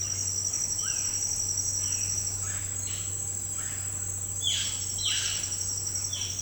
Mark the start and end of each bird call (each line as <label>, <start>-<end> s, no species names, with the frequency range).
bird call (0.8-3.8 kHz), 0.70-3.92 s
bird call (1.0-4.1 kHz), 4.42-5.35 s